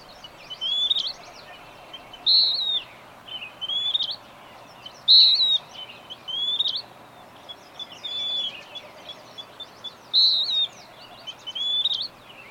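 Bird singing a steady series of high whistled phrases, louder and softer ones mixed, with a constant faint hiss.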